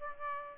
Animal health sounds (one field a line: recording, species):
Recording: mosquito wingbeat signal from an infrared sensor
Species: Aedes aegypti